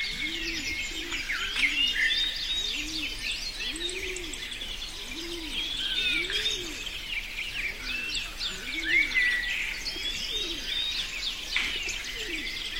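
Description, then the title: Birdsong chorus of many overlapping whistles and chirps, with a dove's low cooing repeated roughly every second beneath the busy high notes. Birds singing in a forest. "森林鸟鸣声"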